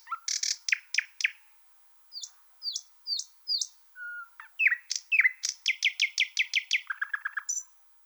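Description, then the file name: Thrush nightingale song: harsh notes, a run of high upslurred whistles, one low pure tone, then fast repeated chattering notes and a short trill. "solovey obyknovennyy golos"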